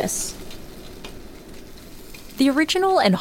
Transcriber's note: the sizzling spam continues, occasionally sputtering fat